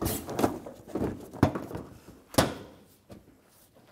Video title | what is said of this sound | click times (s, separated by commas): How to Replace Front Bumper Center Grille Trim 2007-2013 Mitsubishi Outlander | will hear a click and you may have to push in with some force to get pieces to seat. Like that. | 1.4 s, 2.4 s